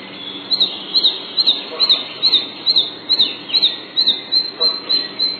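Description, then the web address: Red-breasted flycatcher: high, sharp notes repeated evenly about every half second throughout, over a soft hiss. Recorded on 3 June 2007. "Animalia Birds 16 Tattingf Fparva"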